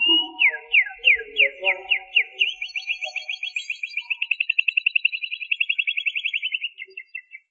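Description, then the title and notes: Canary song: a string of sweeping notes speeding into a fast rattling trill that slows and fades; soft low chatter at the start. "BM Suara Kenari. BM Suara Burung Kenari"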